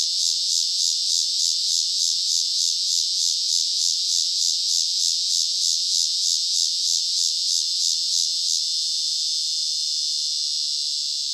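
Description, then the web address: Walker's cicada song: a loud, high, continuous buzzing drone pulsing rapidly about three times a second, then settling into a steady, slightly fading hiss. North America. "Songs of Insects. Walkers Cicada"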